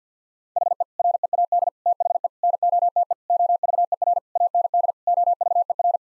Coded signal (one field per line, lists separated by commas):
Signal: Morse code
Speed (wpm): 50 wpm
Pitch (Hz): 700 Hz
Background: none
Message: HE READ THE NOTE OVER AND OVER